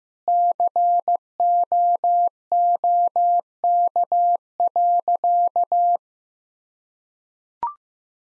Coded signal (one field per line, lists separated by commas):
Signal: Morse code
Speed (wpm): 15 wpm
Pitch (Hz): 700 Hz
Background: none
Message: COOK.